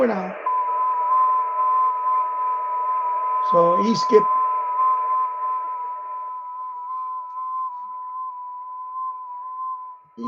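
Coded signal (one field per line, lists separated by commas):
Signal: FT8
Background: speech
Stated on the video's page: FT8 contacts on the 6 m band during a live stream.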